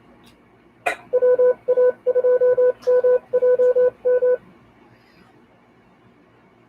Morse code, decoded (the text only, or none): WA2MJM